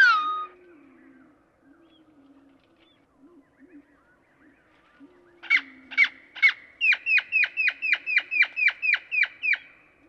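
Great-tailed grackle calls: one sharp descending whistle, then a rapid series of dry, harsh clacks repeated about four per second, with a faint low hum underneath.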